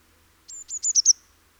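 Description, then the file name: Eurasian blue tit song, single phrase of very high thin notes quickening into a short trill, with soft low background noise. "Cyanistes caeruleus"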